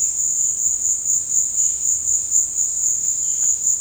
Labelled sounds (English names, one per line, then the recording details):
none
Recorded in dense forest near Puerto Asís, Putumayo, Colombia, on 18 February 2024 at 15:00
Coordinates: 0.472, -76.329
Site G6394